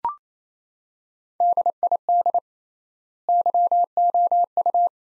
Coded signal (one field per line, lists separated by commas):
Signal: Morse code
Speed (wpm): 28 wpm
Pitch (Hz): 700 Hz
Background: none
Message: DID YOU